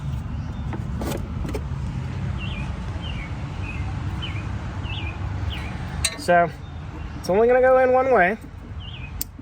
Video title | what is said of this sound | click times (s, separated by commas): DIY 2009 2010 2011 2012 2013 Toyota Corolla Replacing ABS Wheel Speed Sensor | Once you hear it click, | 9.2 s